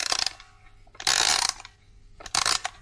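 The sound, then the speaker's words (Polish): A music box toilet paper holder, its mechanism set off by pulling the toilet paper, clicks and rattles in three bursts of mechanical whirring, like a ratchet winding, with quieter ticking between them and no voices. “Uchwyt do papieru toaletowego będący jednocześnie pozytywką. Tak. Pociągnięcie za papier toaletowy powoduje uruchomienie mechanizmu i dzięki temu możemy w przyjemnej atmosferze dokończyć dzieło.”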